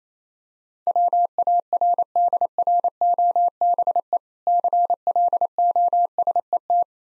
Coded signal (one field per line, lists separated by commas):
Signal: Morse code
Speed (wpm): 28 wpm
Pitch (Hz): 700 Hz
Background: none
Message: WARDROBE CLOSET